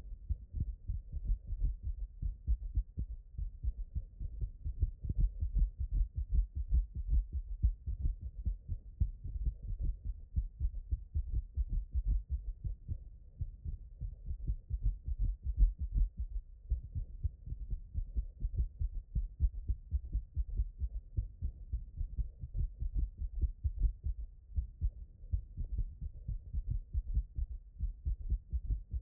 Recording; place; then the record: heart sounds by stethoscope; tricuspid valve (TV)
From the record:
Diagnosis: HFrEF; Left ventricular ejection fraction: 22%